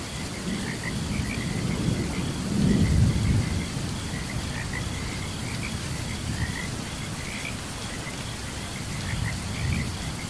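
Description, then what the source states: Frog chorus of quick notes in overlapping bursts, with rain hissing and a roll of thunder early on. Frogs calling together during a thunderstorm.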